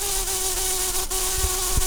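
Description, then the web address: Brown-banded carder bee buzzing steadily, with a low droning tone held throughout and broad hiss above. Queens. "bumblebees Humilis-queens"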